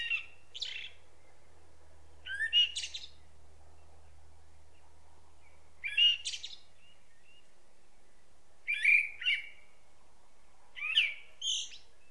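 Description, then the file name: Common blackbird singing several short whistled phrases with high scratchy endings, separated by pauses; a low hum sits underneath early on. "Turdus merula"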